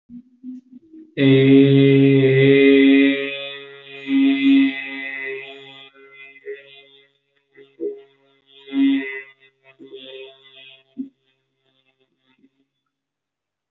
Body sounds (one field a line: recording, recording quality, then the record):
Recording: sustained vowel as in made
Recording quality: excellent, no background noise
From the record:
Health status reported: healthy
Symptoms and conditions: none ticked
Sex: male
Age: 21 years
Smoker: not ticked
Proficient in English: yes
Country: India